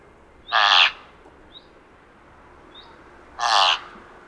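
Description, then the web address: Thick-billed raven giving two harsh, raspy calls about three seconds apart, with faint thin rising chirps from another bird in between. "Thick billed raven. صدای-پرنده-غراب-نوک-کلفت"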